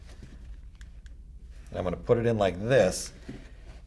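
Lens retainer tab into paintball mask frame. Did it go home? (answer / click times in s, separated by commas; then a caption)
no / none. A hand behind the strap lines up the grey plastic retainer tab of a Push Unite thermal lens on a paintball mask frame, just before it is pushed down and pulled back to snap into place. Only light handling sounds are heard, with faint ticks near 0.8 s and 1.1 s, while someone talks. Nothing has snapped into place yet.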